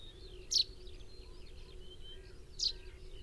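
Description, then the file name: Common chaffinch calls: two short, sharp, high notes about two seconds apart, with faint twittering of other birds behind them. "Fringilla coelebs 180719"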